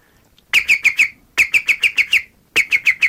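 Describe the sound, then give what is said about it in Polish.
A person imitates a green woodpecker's laughing call to call the bird over: three loud bursts of rapid, repeated high whistled notes, each run of several notes, with short pauses between them. “Więc naśladuję niektóre ptaki. Najbardziej udaje mi się dzięcioł zielony.”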